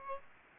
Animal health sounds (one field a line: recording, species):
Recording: mosquito wingbeat signal from an infrared sensor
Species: Aedes aegypti